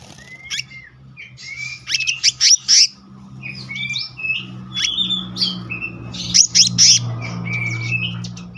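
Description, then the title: Selendang biru song of scattered high chirps, short whistled slurs and quick trilled bursts, with a steady low hum in the background. Gacor ngeroll: continuous, rolling song, with isian, song fill-in phrases. "BURUNG SELENDANG BIRU GACOR NGEROLL ISIAN"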